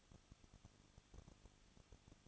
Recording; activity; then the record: daily activity, microphone in the room; no activity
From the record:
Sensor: 4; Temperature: 23.0 degrees Celsius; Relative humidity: 34.2%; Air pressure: 1007.2 hPa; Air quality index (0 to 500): 213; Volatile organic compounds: 14 ppm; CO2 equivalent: 2457 ppm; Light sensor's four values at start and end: 2/3/1/1 and 2/3/1/1